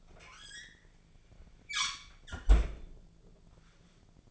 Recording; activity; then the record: daily activity, microphone in the room; close fridge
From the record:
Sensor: 5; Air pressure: 1009.8 hPa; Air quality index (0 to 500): 164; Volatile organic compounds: 4 ppm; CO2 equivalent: 1591 ppm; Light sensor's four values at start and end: 107/276/114/122 and 105/273/113/120